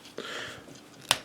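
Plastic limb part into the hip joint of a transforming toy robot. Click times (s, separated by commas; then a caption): 1.1 s. A plastic part of a construction-vehicle toy robot is pushed into the side of its hips during the robot-mode transformation. After a soft rustle and a small tick near 0.2 s, a sharp, loud click at 1.1 s shows the part has seated in the hip joint.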